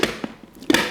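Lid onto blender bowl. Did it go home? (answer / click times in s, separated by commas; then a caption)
no / none. A plastic lid is put onto a blender or food processor bowl holding corn and twisted toward its locked position. There are sharp plastic knocks near the start and a louder pair of clatters around 0.7 s. The lid has not locked or clicked into place yet.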